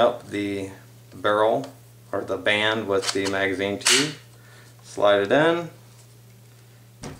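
A Remington 870 pump shotgun barrel is slid over the magazine tube onto the receiver while someone talks. At 7.0 s there is a single soft knock as it bottoms out, fully in and correctly seated.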